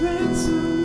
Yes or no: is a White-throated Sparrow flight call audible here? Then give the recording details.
no. No flight call is heard. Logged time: 01:33 on 4 September 2014